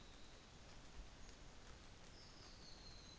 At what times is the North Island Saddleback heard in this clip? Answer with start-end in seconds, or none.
none